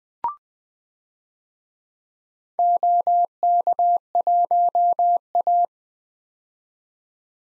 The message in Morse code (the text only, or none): OK1A